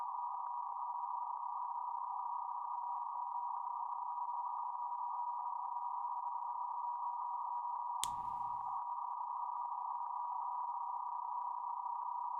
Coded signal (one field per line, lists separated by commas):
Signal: PSK31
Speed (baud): 31.25 baud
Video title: PSK31 Set up / Working stations on The FTDX10